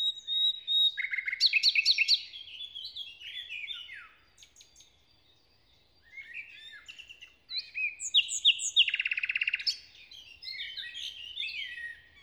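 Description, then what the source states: Common nightingale singing rich varied phrases: clear whistles, sliding notes and rapid machine-gun trills, broken by short pauses, with no other clear sounds. Inside a forest near Hoscheid, Luxembourg, early on a summer morning after a wet night as the sun rises; the nightingale performs a kind of morning song.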